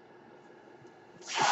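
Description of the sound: Near silence, then a rising rush of airflow hiss as a home mechanical ventilator delivers a breath.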